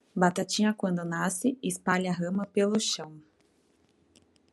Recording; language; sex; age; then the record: short text; Brazilian Portuguese; female; 20 to 29 years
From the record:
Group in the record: control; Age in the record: 22 years